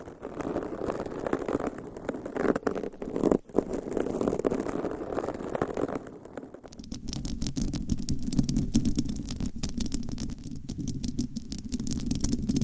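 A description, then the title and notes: Long nails scratch across microphones in a dense, steady rasping that stays mostly in the low and middle range. A few sharp knocks land near 2.5 and 3.5 seconds. Around 6 seconds the scratching turns deeper and more rapid, with a fast, rattling scrape. ASMR Mic Scratching - Brain Scratching with 9 Mics & XXL ULTRA LONG NAILS No Talking.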